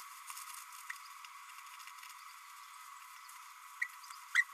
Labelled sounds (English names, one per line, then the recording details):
Green-rumped Parrotlet babbling
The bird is a male
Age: 30 days
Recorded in a nest box in Venezuela
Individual 17B32A6